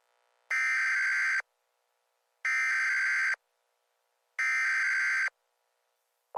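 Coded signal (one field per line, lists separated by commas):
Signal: Emergency Alert System (SAME) tones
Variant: header bursts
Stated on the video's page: Fictional short EAS scenario, simulated rather than a real alert.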